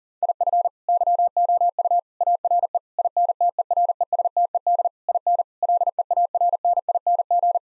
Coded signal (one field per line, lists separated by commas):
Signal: Morse code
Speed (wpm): 40 wpm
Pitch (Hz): 700 Hz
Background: none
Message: IF YOU ARE INTERESTED IN LEARNING